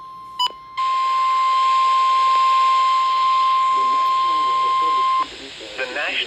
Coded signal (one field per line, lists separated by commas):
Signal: Emergency Alert System (SAME) tones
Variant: 1050 Hz attention tone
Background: speech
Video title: Severe Thunderstorm Warning (EAS #218-219)